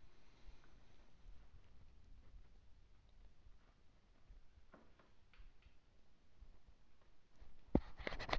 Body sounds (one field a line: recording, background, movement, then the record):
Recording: deep breathing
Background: quiet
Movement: sitting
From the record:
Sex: male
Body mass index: 20.5 kg/m2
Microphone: on the chest, facing outward